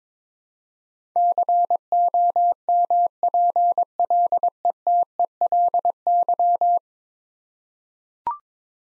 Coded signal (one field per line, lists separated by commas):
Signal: Morse code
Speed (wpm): 21 wpm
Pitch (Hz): 700 Hz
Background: none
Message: COMPLETELY